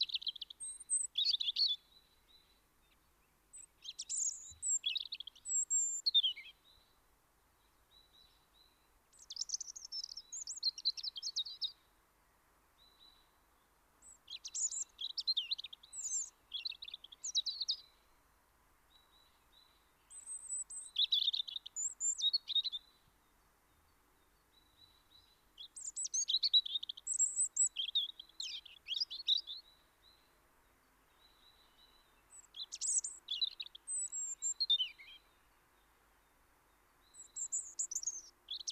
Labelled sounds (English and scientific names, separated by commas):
European Robin (Erithacus rubecula) song